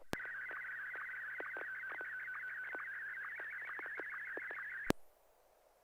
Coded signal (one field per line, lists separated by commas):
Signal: SSTV (slow-scan television)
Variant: Martin 1